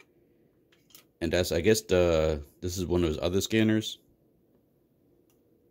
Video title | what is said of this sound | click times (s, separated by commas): Sideshow Collectibles R2-D2 1/6 Scale Figure - Star Wars - Unboxing & Review | and then he does have this one down here that you push down that and you'll hear it click | 1.0 s